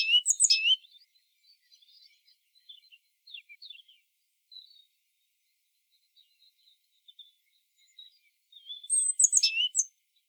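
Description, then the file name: Great tit calls: a quick run of high sharp notes, scattered faint twitters, then a second similar burst near the end. "Parus major"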